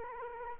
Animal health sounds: mosquito wingbeat signal from an infrared sensor; Culex quinquefasciatus

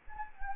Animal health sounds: mosquito wingbeat signal from an infrared sensor; Anopheles gambiae

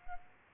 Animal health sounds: mosquito wingbeat signal from an infrared sensor; Culex pipiens

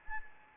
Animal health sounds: mosquito wingbeat signal from an infrared sensor; Anopheles gambiae

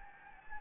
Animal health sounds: mosquito wingbeat signal from an infrared sensor; Anopheles gambiae

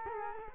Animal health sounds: mosquito wingbeat signal from an infrared sensor; Culex quinquefasciatus

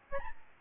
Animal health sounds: mosquito wingbeat signal from an infrared sensor; Aedes albopictus

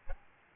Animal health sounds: mosquito wingbeat signal from an infrared sensor; Aedes albopictus

